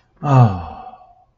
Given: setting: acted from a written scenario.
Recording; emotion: vocal sound without words; ecstasy